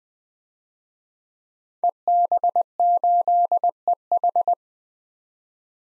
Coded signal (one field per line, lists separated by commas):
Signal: Morse code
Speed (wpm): 20 wpm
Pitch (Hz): 700 Hz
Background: none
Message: EB8EH